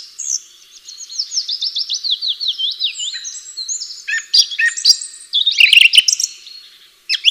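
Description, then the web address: Bird song of fast, evenly repeated high downslurred notes, about four a second, followed by a jumble of chirps and twitters. "atelierson sons birds"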